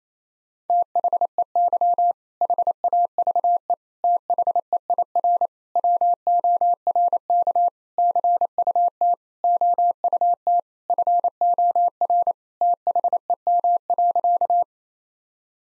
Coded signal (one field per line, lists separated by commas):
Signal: Morse code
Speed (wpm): 27 wpm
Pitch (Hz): 700 Hz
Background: none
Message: THEY HAVE THEIR WORK CUT OUT FOR THEM.